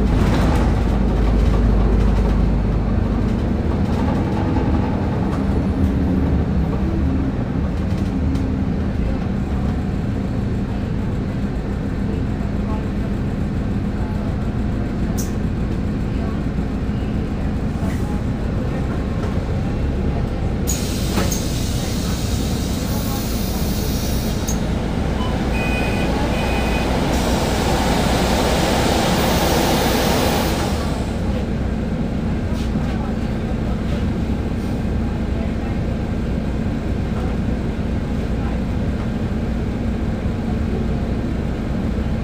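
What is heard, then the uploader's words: Inside a city bus on the move, a steady low engine rumble and road drone hold at an even level throughout. Around the middle, two stretches of brighter hissing air rise over the hum, between roughly 21 and 31 seconds, with faint voices underneath. Al Nadha to Deira city centre Dubai travel experience. Using 22 bus I'm traveling to Deira city centre bus station.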